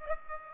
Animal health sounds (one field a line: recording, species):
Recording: mosquito wingbeat signal from an infrared sensor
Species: Aedes aegypti